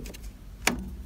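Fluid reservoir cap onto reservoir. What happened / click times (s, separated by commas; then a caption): The plastic cap clicked shut / 0.7 s. A fluid reservoir cap is fitted back onto the reservoir in a Nissan Clipper small van after the fluid has been topped up. Against a low background hum, one sharp click at 0.7 s shows the cap snapping shut and seating.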